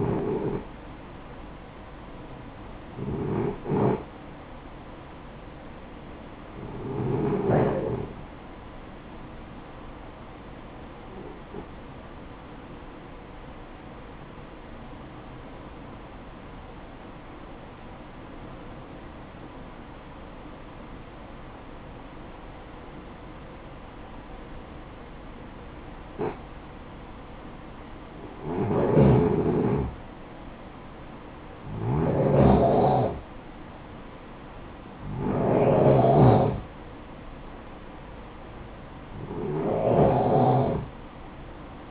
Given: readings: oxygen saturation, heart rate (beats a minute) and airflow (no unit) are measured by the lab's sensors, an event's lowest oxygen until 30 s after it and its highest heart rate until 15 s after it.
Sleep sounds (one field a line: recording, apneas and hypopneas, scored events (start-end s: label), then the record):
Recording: breathing in sleep by a voice recorder at the bedside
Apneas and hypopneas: 1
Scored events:
17.00-30.20 s: obstructive apnea (N1, oxygen 95% highest, then 91% lowest, heart rate 68 at the start, 68 highest)
From the record:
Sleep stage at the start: N1 (lightest sleep)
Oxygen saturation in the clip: 91 to 95%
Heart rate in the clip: 59 to 68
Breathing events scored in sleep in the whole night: 573 in 9.8 hours asleep